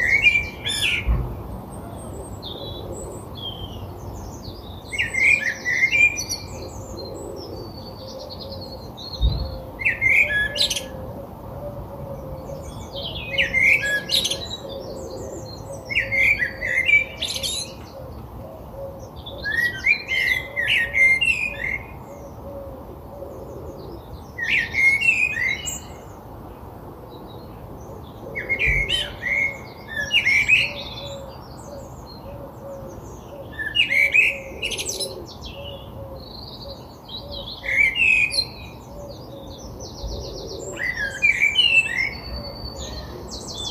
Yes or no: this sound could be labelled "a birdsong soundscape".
yes